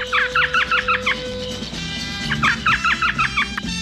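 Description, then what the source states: Elf Owl calling: a quick run of several high, yelping notes, a short pause, then another similar run, over a low background hum. World's smallest owl; eats insects, mice and scorpions; plays dead when threatened; flight muffled by softened wing feathers.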